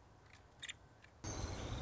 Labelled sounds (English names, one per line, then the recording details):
Nuttall's Woodpecker
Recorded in Sonoma County, California